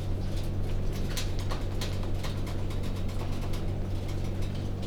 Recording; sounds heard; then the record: poultry house recording; no chicken sound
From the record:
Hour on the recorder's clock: 19